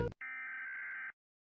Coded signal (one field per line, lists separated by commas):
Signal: Emergency Alert System (SAME) tones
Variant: header bursts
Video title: Rating EAS alarms from different countries part 1